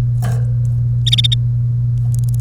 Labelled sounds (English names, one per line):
Domestic Canary song